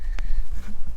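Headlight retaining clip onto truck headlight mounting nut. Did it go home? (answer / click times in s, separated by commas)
yes / 0.2 s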